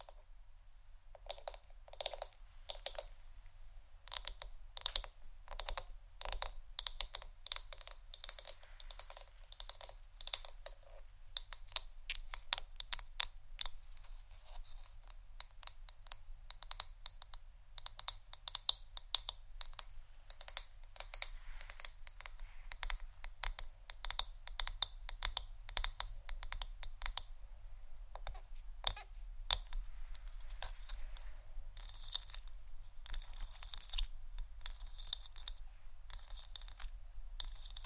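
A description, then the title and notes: Hair is brushed and combed in quick, dense strokes, each a crisp, scratchy crackle of bristles and teeth. The strokes run almost continuously for the whole stretch, growing busier and sharper in the last ten seconds, over a faint low hum. ASMR Hair Brush & Comb Sounds （No Talking）.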